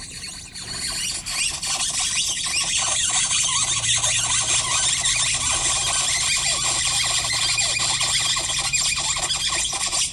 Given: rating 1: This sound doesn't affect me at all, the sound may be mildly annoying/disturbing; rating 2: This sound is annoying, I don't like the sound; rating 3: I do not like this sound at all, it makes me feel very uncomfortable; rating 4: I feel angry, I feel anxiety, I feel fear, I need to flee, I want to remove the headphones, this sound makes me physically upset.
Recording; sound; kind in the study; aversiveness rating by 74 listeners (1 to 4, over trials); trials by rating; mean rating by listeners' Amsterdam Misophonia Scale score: sound for misophonia research; Styrofoam squeak; generally unpleasant; mean 1.89, standard deviation 0.85; 112 rated 1, 113 rated 2, 57 rated 3, 12 rated 4; 1.86 (sub-clinical, 0 to 4), 1.83 (mild, 5 to 9), 2.09 (moderate, 10 to 14), 1.83 (severe or extreme, 15 or more)